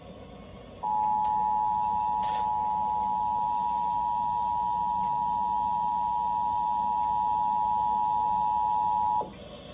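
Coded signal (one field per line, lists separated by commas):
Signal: Emergency Alert System (SAME) tones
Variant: 853 and 960 Hz attention tone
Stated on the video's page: EAS National Periodic Test as aired by an Oklahoma City ABC television station.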